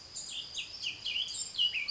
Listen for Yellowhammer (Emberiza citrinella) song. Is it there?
no